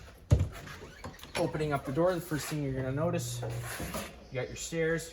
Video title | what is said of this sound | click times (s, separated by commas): 2022 HEARTLAND PIONEER 270BH TT STOCK # 13239 | get inside the trailer you are just taking that assist handle pushing it up folding at 90° and it'll lock into place | 0.3 s